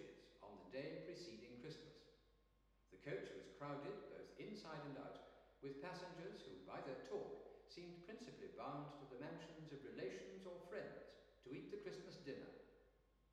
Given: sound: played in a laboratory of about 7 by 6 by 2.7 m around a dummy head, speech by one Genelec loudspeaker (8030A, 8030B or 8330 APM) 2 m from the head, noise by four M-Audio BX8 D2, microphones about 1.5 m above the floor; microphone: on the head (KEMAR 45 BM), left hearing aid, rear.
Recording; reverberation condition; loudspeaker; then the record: male speech in English; high; 60 degrees to the left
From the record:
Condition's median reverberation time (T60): about 1300 ms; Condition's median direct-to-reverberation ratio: about -4.0 dB